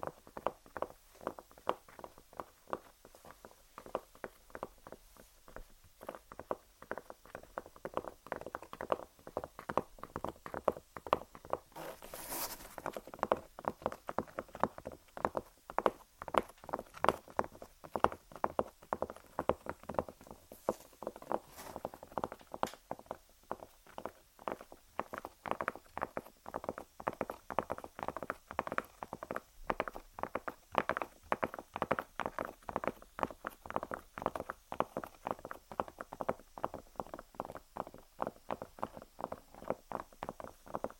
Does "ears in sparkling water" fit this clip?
no